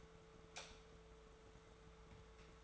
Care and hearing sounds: daily activity, microphone in the room; light off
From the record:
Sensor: 3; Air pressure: 1014.7 hPa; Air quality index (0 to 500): 194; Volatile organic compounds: 25 ppm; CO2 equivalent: 2830 ppm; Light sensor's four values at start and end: 14/38/15/15 and 12/29/12/12

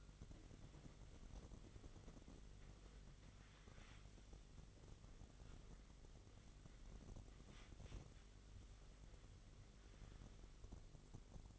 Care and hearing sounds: daily activity, microphone in the room; wipe stove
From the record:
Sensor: 4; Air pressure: 1004.1 hPa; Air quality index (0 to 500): 156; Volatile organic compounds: 2 ppm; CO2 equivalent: 1115 ppm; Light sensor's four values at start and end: 12/28/12/13 and 12/28/12/13

